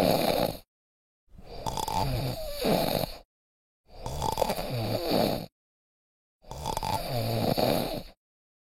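Loud, rough, rumbling snores come in bursts of about two seconds, roughly 24 a minute, with short silent pauses between them. This is ordinary snoring, a sound effect.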